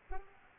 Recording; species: mosquito wingbeat signal from an infrared sensor; Culex pipiens